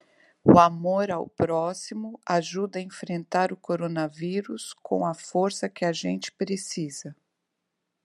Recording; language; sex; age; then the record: spoken sentence; Brazilian Portuguese; female; 50 to 59 years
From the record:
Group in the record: control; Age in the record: 58 years